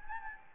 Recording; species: mosquito wingbeat signal from an infrared sensor; Anopheles gambiae